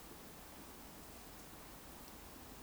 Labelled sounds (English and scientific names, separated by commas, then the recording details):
Eurasian Woodcock (Scolopax rusticola) whistle
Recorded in Baden-Württemberg, Germany, on 18 June 2021 at 20:17 UTC
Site 49334, 1074 m above sea level